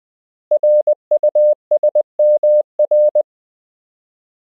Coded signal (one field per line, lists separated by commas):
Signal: Morse code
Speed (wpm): 20 wpm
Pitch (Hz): 600 Hz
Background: none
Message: RUSMR